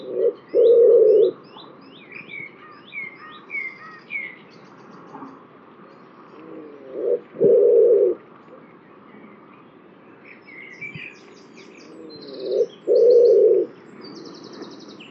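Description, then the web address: Bird giving low, hollow cooing calls, each a short note followed by a longer one, repeated three times about six seconds apart, with high twittering between. "cianscape birddata Deverinetal 2025 Bird Only"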